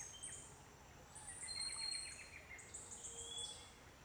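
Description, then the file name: Birdsong chorus of high, sustained whistles, with a quick run of rapid repeated mid-pitched notes and scattered softer calls. Birds singing at dawn. "Passaros cantando no amanhecer"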